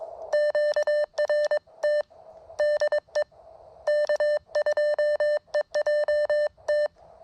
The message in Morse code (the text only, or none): QRT DE K2EJT